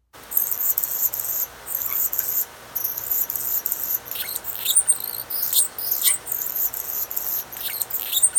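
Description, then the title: Anna's hummingbird song: thin, very high scratchy buzzes and squeaky chips in irregular bursts, a dry sputtering pattern repeated over several seconds. Male in territory; desert Southwest resident; males and females are extremely territorial and guard their areas aggressively; hearing this song means being in a male's territory. "What’s That Bird?: Anna’s Hummingbird"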